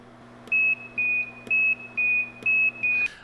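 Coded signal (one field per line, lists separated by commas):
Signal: Quindar tones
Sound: six short high beeps alternating between two very close pitches, over a low hum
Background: electrical hum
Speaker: I get it after the gate [individual beeps]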